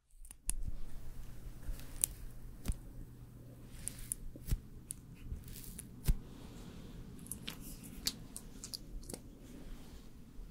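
Makeup and hair styling: small clicks, snips and soft handling noises break through a steady low hum. Sharp ticks land every second or two, around 0.5, 2.7, 4.5 and 6 seconds, with quieter rustling and brushing between them.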